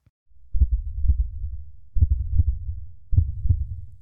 The sound of a heart beating faster and faster. The sound of a man's heart who's leaning over the edge of an 87-story building. Scared of heights and trying to catch his breath.